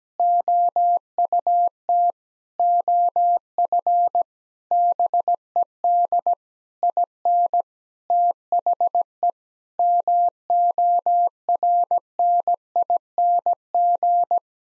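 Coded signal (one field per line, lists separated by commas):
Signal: Morse code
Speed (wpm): 17 wpm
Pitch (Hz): 700 Hz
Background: none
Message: OUT OF BED IN THE MORNING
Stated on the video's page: Morse practice at 17 wpm: sentences with common eight-word phrases, first words spoken, then sent, spoken, and sent again.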